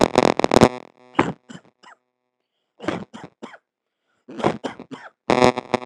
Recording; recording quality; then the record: heavy voluntary cough; moderate, slight background noise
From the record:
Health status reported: healthy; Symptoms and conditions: none ticked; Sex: male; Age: 33 years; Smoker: not ticked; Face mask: not worn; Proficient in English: yes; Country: India